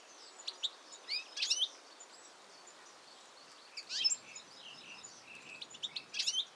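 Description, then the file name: European goldfinch calls: scattered bright twittering notes and buzzy bursts, clustered near 1.5 and 4 seconds and again near the end, over a steady hiss of background noise. "Carduelis carduelis"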